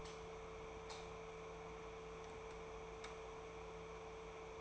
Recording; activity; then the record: daily activity, microphone in the room; light on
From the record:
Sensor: 1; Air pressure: 1014.6 hPa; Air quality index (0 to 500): 174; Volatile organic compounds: 14 ppm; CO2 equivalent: 2458 ppm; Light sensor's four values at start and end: 37/94/39/48 and 37/96/40/47